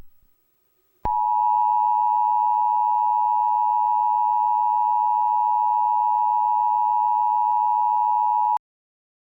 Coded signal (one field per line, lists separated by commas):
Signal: Emergency Alert System (SAME) tones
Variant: 853 and 960 Hz attention tone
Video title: Severe weather coverage EAS Scenario Of April 2-3 2025